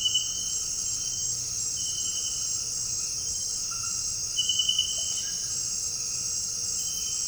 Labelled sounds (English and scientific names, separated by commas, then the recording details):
none
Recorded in dense forest near Puerto Asís, Putumayo, Colombia, on 4 March 2025 at 18:00
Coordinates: 0.484, -76.325
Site G045